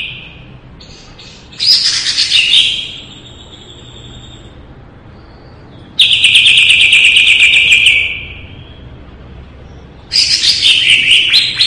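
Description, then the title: Leafbird song: three loud bursts of rapid, high buzzy chatter separated by quiet gaps of a few seconds. Cucak ijo singing in lively gacor style; 2017. "Suara Burung Cucak Ijo Gacor, 2017"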